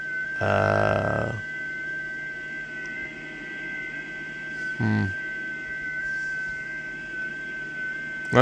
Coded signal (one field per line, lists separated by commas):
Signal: FT8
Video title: ft8 has turned into monitoring stations and stations that don't want to answer